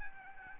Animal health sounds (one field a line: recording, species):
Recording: mosquito wingbeat signal from an infrared sensor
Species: Aedes albopictus